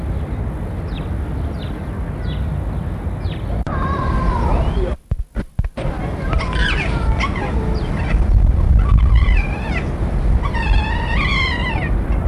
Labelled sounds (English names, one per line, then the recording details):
Raccoon aggressive call
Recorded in captivity
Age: adult
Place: Tierpark Berlin, Berlin, DE
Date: 1963-04-06 15:00
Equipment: Minifon, Kopie Smaragd
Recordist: Tembrock, Günter
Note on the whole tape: Laute eines Tieres während Annäherung eines zweiten, dieser mehrfach Nackenbiss (beide in den offenen Hütte, Abstand 8m)